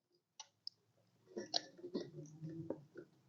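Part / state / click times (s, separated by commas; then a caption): spark plug wire boot onto spark plug / not seated / none. On a 1990 Buick Riviera, a spark plug wire boot is pushed by feel onto a spark plug at the back of the engine. Two short ticks come at about 0.4 and 0.7 s, then a longer stretch of rustling and handling noise with sharper taps near 1.6 and 2.7 s. Nothing has seated or clicked yet: the boot fails to clip, so it will be pulled back off to retry.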